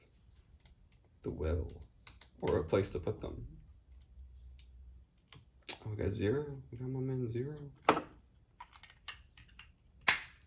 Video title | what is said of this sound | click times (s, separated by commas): Lego Brick Calendar [40172], Building Up the Blocks!! | satisfying right there that was a very satisfying click | 10.1 s